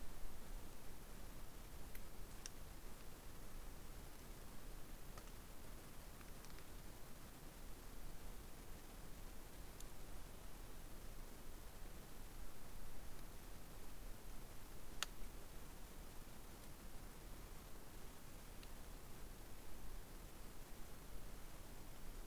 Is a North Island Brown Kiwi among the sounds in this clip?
no